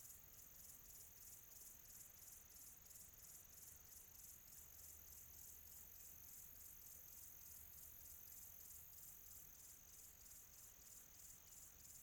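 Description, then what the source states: Cricket chirping in high pulses around three per second, steady throughout. Quiet tropical atmosphere.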